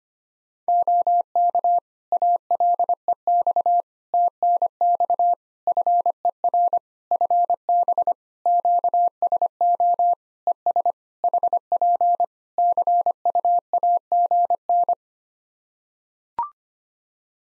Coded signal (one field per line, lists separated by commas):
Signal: Morse code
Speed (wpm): 25 wpm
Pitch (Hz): 700 Hz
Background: none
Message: OK ALEX TNX FER FB QSO ES HP CUAGN